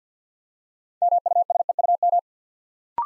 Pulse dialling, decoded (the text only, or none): none